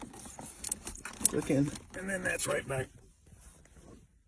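An interior plastic trim panel is pressed back into the dash of a 2019 Challenger Scat Pack 1320 during an HP Tuners Smart Access Cable install, giving a sharp snap at 0.7 s among a few lighter plastic clicks while someone talks. The panel's little clips snap in and it is seated.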